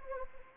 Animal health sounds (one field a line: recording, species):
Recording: mosquito wingbeat signal from an infrared sensor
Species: Anopheles gambiae